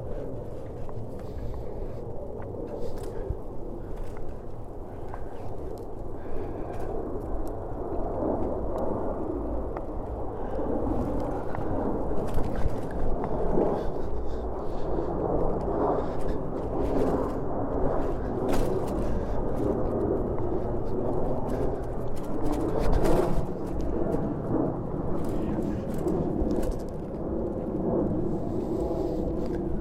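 A bike ride from Orchard Beach: a steady, dense low rumble of rolling wheels and wind runs throughout, swelling slightly in the middle. Brief clicks and rattles break through now and then, with faint wavering tones underneath.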